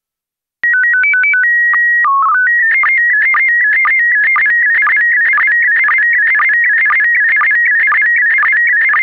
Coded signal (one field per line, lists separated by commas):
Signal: SSTV (slow-scan television)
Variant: PD 120